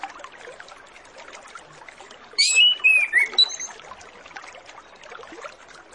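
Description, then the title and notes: Orange-headed Thrush with a single varied phrase of sliding whistles and high notes midway, over continuous background noise. Lure recording used to make Orange-headed Thrushes sing quickly and openly; full 'isian' song with fill-in phrases. "Masteran Anis Kembang Full Isian Untuk Suara Pancingan Anis Kembang Agar Cepat Ngeplong. Suara Burung Anis Kembang"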